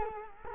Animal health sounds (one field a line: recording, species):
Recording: mosquito wingbeat signal from an infrared sensor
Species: Culex quinquefasciatus